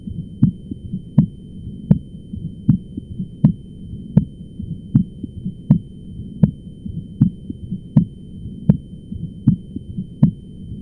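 Adult heart sounds heard through a stethoscope, with a split second heart sound (split S2; Polish: rozdwojenie II tonu). The rhythm runs at about 82 beats per minute.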